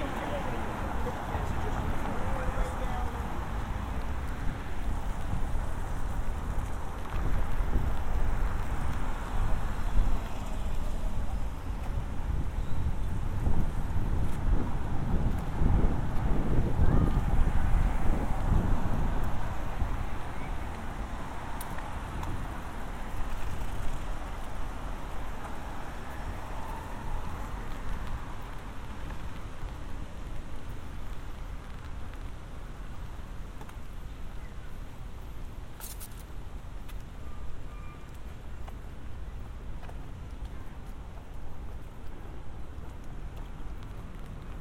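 A walk through Central Park, with a steady low rumble of traffic and wind swelling mid-way before easing into a quieter, even hum.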